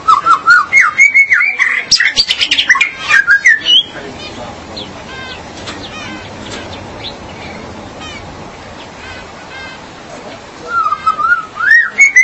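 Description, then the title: Magpie-robin or shama song: a burst of looping whistles and harsh chatters for about four seconds, a quiet gap, then whistled phrases resume near the end. "BM Suara Burung Murai"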